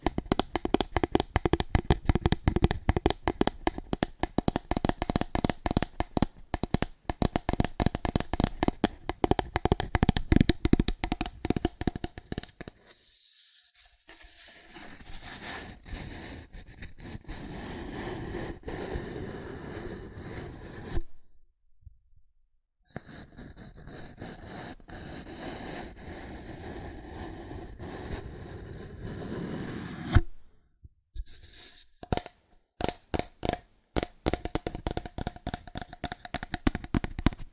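Fast, aggressive tapping on cardboard, a dense run of sharp hits for the first twelve seconds. The middle turns to softer rubbing and scraping with two brief silences near 22 and 31 seconds, then quick tapping returns toward the end.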